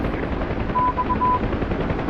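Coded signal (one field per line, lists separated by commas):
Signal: none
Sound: game warning beeps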